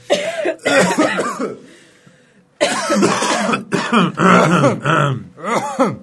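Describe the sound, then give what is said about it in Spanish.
A run of forced coughs and throat clearing: two harsh bursts, a short quiet pause, then several more rough, rasping coughs in quick succession, fairly loud and with no speech. “Vamos a toser, es una, vamos. Vamos a hacer una tosida.”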